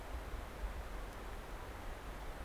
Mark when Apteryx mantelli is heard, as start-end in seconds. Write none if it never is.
none